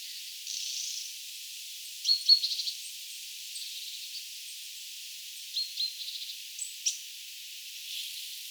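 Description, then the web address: Mistle thrush churring rattles, several short dry bursts with a few thin high notes. Recorded 7 October 2024. "paivat 7 10 2024 kulorastaan aantelya"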